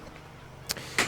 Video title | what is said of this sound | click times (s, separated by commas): Ford Transit Custom Limited Detailed Walk & Talk Review | Alternatively, they will lock into place like that at 90 degrees. | 0.7 s, 1.0 s